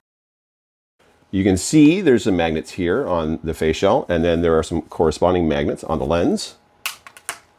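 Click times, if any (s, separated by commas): 6.9 s, 7.3 s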